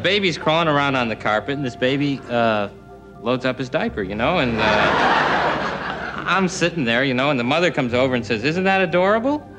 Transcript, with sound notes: And the baby's crawling around on the carpet, and this baby loads up his diaper, you know? And...
(LAUGHTER)
...I'm sitting there, you know. And the mother comes over and says, isn't that adorable?